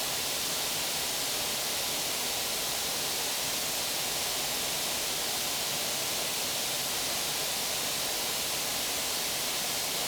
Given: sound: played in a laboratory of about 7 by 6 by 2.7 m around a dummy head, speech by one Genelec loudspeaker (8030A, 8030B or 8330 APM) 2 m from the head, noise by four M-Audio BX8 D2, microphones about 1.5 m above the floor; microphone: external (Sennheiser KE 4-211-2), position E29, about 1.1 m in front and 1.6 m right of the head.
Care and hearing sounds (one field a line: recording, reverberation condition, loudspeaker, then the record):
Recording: white noise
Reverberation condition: high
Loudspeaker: four, about 170 cm from the corners of the room and facing them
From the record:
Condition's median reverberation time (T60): about 1300 ms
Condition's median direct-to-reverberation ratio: about -4.0 dB